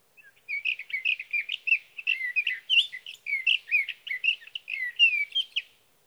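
Sage thrasher singing a long, continuous warble of rapid, varied whistled and slurred phrases that run on without pause for about five seconds.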